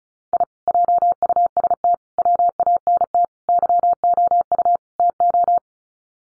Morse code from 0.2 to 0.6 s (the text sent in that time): I